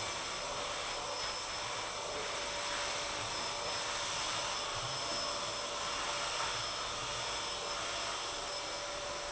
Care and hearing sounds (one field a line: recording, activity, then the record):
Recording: daily activity, microphone in the room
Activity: vacuum cleaning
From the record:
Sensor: 5